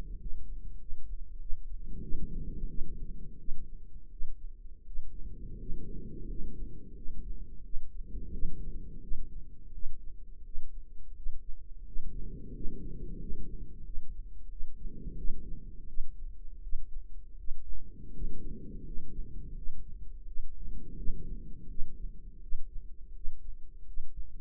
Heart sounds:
heart sounds by microphone in the right ear; 86 bpm
0.16 s: heartbeat
0.77 s: heartbeat
1.38 s: heartbeat
2.00 s: heartbeat
2.66 s: heartbeat
3.36 s: heartbeat
4.08 s: heartbeat
4.83 s: heartbeat
5.56 s: heartbeat
6.25 s: heartbeat
6.93 s: heartbeat
7.61 s: heartbeat
8.30 s: heartbeat
8.99 s: heartbeat
9.70 s: heartbeat
10.42 s: heartbeat
11.13 s: heartbeat
11.83 s: heartbeat
12.51 s: heartbeat
13.17 s: heartbeat
13.83 s: heartbeat
14.48 s: heartbeat
15.15 s: heartbeat
15.85 s: heartbeat
16.60 s: heartbeat
17.35 s: heartbeat
18.11 s: heartbeat
18.82 s: heartbeat
19.53 s: heartbeat
20.24 s: heartbeat
20.94 s: heartbeat
21.66 s: heartbeat
22.39 s: heartbeat
23.12 s: heartbeat
23.84 s: heartbeat
From the record:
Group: healthy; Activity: rest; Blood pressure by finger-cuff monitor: 114/74 mmHg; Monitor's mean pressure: 88 mmHg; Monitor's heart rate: 85 bpm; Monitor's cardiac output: 7.4 L/min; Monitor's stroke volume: 86 mL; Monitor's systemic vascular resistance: 870 dyn s/cm5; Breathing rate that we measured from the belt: 10 breaths a minute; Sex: male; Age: 33 years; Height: 179 cm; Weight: 80.4 kg

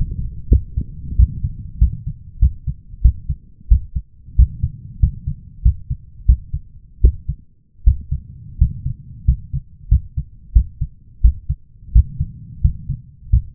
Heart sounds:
heart sounds by stethoscope; 89 bpm
0.49 s: heartbeat
1.17 s: heartbeat
1.79 s: heartbeat
2.40 s: heartbeat
3.02 s: heartbeat
3.69 s: heartbeat
4.36 s: heartbeat
5.00 s: heartbeat
5.63 s: heartbeat
6.26 s: heartbeat
7.01 s: heartbeat
7.84 s: heartbeat
8.58 s: heartbeat
9.25 s: heartbeat
9.89 s: heartbeat
10.53 s: heartbeat
11.22 s: heartbeat
11.93 s: heartbeat
12.62 s: heartbeat
13.30 s: heartbeat
From the record:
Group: healthy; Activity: rest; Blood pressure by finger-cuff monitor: 166/110 mmHg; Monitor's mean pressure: 124 mmHg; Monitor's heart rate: 88 bpm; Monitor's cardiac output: 7.5 L/min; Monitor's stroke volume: 84 mL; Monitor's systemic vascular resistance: 1230 dyn s/cm5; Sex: male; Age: 23 years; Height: 179 cm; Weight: 87 kg

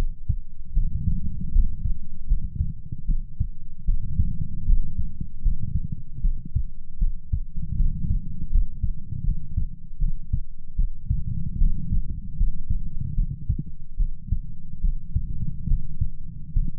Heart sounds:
heart sounds by stethoscope; 76 bpm
0.72 s: heartbeat
1.51 s: heartbeat
2.26 s: heartbeat
3.05 s: heartbeat
3.84 s: heartbeat
4.64 s: heartbeat
5.41 s: heartbeat
6.20 s: heartbeat
6.98 s: heartbeat
7.75 s: heartbeat
8.50 s: heartbeat
9.22 s: heartbeat
9.98 s: heartbeat
10.75 s: heartbeat
11.57 s: heartbeat
12.36 s: heartbeat
13.14 s: heartbeat
13.96 s: heartbeat
14.80 s: heartbeat
15.66 s: heartbeat
16.52 s: heartbeat
From the record:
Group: healthy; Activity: rest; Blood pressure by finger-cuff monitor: 103/61 mmHg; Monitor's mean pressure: 77 mmHg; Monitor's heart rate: 77 bpm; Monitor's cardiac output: 6.8 L/min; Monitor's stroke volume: 89 mL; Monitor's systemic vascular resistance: 810 dyn s/cm5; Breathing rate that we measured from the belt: 17 breaths a minute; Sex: female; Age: 26 years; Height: 165 cm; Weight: 55 kg

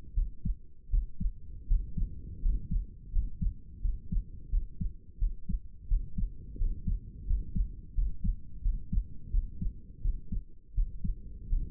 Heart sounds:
heart sounds by stethoscope; 85 bpm
0.14 s: heartbeat
0.90 s: heartbeat
1.67 s: heartbeat
2.41 s: heartbeat
3.11 s: heartbeat
3.81 s: heartbeat
4.50 s: heartbeat
5.18 s: heartbeat
5.88 s: heartbeat
6.58 s: heartbeat
7.26 s: heartbeat
7.94 s: heartbeat
8.62 s: heartbeat
9.31 s: heartbeat
10.01 s: heartbeat
10.74 s: heartbeat
11.49 s: heartbeat
From the record:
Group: healthy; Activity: rest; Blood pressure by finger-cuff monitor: 113/74 mmHg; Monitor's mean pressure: 84 mmHg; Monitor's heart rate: 85 bpm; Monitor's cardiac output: 6.7 L/min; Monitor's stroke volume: 78 mL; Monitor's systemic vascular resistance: 900 dyn s/cm5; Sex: male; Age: 35 years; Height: 180 cm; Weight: 86.9 kg

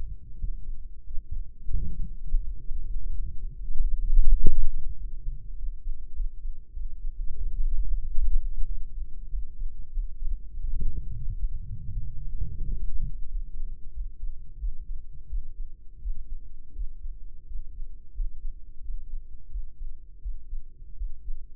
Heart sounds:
heart sounds by microphone in the right ear; 90 bpm
0.36 s: heartbeat
1.03 s: heartbeat
1.72 s: heartbeat
2.43 s: heartbeat
3.10 s: heartbeat
3.73 s: heartbeat
4.34 s: heartbeat
4.95 s: heartbeat
5.54 s: heartbeat
6.12 s: heartbeat
6.71 s: heartbeat
7.34 s: heartbeat
8.01 s: heartbeat
8.64 s: heartbeat
9.28 s: heartbeat
9.90 s: heartbeat
10.51 s: heartbeat
11.19 s: heartbeat
11.90 s: heartbeat
12.62 s: heartbeat
13.27 s: heartbeat
13.91 s: heartbeat
14.57 s: heartbeat
15.27 s: heartbeat
15.99 s: heartbeat
16.73 s: heartbeat
17.45 s: heartbeat
18.12 s: heartbeat
18.80 s: heartbeat
19.49 s: heartbeat
20.19 s: heartbeat
20.95 s: heartbeat
From the record:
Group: healthy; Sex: male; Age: 21 years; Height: 180 cm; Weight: 67.5 kg

